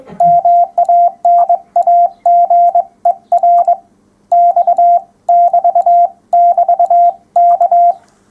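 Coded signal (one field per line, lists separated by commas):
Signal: Morse code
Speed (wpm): 23 wpm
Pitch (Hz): 700 Hz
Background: none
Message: MANAGER X <BT> <BT>K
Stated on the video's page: Morse code talk and demonstration at a public event.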